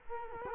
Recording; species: mosquito wingbeat signal from an infrared sensor; Culex quinquefasciatus